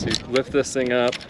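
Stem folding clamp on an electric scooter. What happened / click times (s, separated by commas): Handled, not yet home: the folding latch has not locked / none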